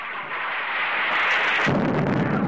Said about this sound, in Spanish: En mi vida había visto una cosa igual. Parece incómoda. Es extraña esa explosión.